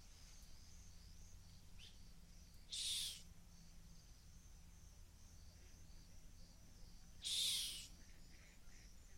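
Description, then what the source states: Rock hyrax calling with two harsh, high screeches about four seconds apart, over a steady low rumble. Calling from the edge of a gorge in the Masai Mara.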